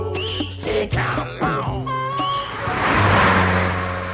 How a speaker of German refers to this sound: Auf der Straße. Das Auto.